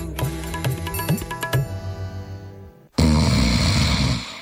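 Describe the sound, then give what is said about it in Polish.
A short burst of music with tapping beats and a held tone fades, then a loud, raspy snore breaks in abruptly, rough and noisy with a low rattling undertone. “Każdy z nas zna kogoś, kto chrapie i nic dziwnego, bo na tę dolegliwość cierpi aż około 13 milionów Polaków.”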